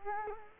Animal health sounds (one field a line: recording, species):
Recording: mosquito wingbeat signal from an infrared sensor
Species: Culex quinquefasciatus